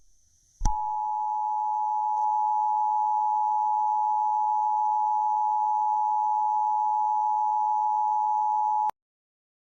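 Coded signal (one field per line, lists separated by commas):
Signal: Emergency Alert System (SAME) tones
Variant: 853 and 960 Hz attention tone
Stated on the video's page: Fictional EAS scenario using valid SAME headers that can trigger emergency alert equipment.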